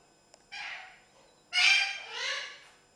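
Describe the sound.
Parrot squawks: a harsh call followed by a louder two-part grating squawk.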